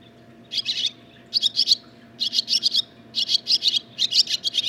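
Barn swallow song in quick twittering bursts of three to five chirps, repeated roughly every second with short gaps between.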